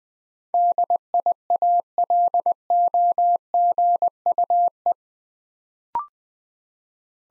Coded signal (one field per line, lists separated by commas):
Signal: Morse code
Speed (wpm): 20 wpm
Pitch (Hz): 700 Hz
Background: none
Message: DIALOGUE